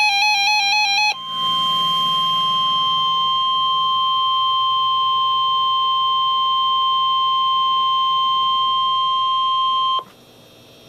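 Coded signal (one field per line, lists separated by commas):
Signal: Emergency Alert System (SAME) tones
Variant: 1050 Hz attention tone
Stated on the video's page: Severe thunderstorm watch on NOAA Weather Radio KEC83, Baltimore, 162.400 MHz.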